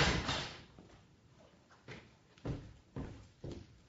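A door being opened: an initial scraping rattle, then a series of four sharp, evenly spaced wooden clunks, fairly loud, with no voices.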